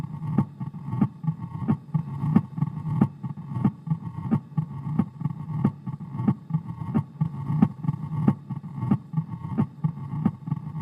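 Simulated heart sounds: sharp, regular beats at about 88 a minute over a continuous low, rumbling murmur, recorded at the apex. This is the mitral stenosis murmur, a low-pitched diastolic rumble caused by a narrowed mitral valve, produced on a heart sound simulator.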